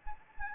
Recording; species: mosquito wingbeat signal from an infrared sensor; Anopheles gambiae